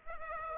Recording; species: mosquito wingbeat signal from an infrared sensor; Aedes aegypti